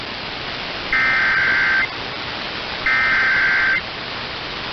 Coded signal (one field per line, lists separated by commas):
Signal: Emergency Alert System (SAME) tones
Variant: header bursts